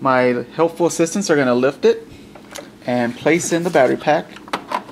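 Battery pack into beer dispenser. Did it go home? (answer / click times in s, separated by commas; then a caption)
yes / 4.5 s. A rechargeable battery pack is slid into its bay on a DraftMark home beer tap machine while someone talks. The pack seats with a sharp click at 4.5 s, confirming it is locked in.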